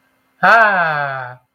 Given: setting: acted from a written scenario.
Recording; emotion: vocal sound without words; ecstasy